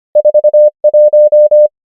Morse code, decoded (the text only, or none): 4 1